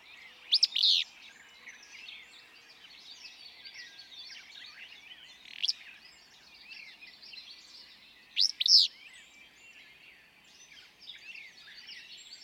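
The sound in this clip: Willow flycatcher song: sneezy two-part phrases repeated every few seconds, amid a constant chorus of chirping birds.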